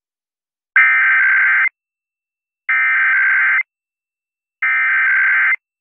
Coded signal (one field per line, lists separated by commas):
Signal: Emergency Alert System (SAME) tones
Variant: header bursts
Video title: Monday Short Weekly Tests (EAS #9958-9959) 2/27/23